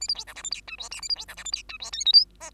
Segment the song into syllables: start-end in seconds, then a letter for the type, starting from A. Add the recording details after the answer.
0.01-0.08 A, 0.08-0.14 B, 0.14-0.24 C, 0.27-0.34 D, 0.35-0.43 E, 0.43-0.50 F, 0.51-0.61 G, 0.67-0.76 H, 0.78-0.89 I, 0.91-1.01 J, 1.01-1.08 A, 1.09-1.15 B, 1.16-1.25 C, 1.28-1.35 D, 1.36-1.44 E, 1.45-1.51 F, 1.52-1.63 G, 1.69-1.77 H, 1.80-1.91 I, 1.92-2.05 K, 2.05-2.12 L, 2.13-2.25 M, 2.40-2.50 N. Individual Bird2